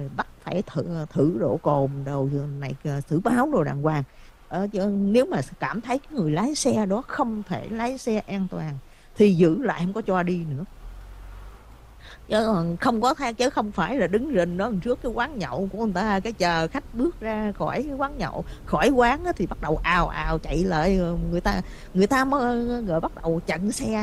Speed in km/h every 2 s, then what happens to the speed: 0, 0, 0, 0, 0, 2, 10, 24, 31, 35, 45, 52.
0-10 standing. 10-24 pulls away to 52.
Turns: 11-18.